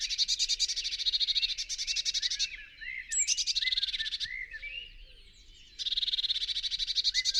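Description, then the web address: Eurasian blue tit giving long, harsh rattles of fast repeated notes in several bursts separated by short pauses, with faint twitters between. "SETE Cyanistes caeruleus"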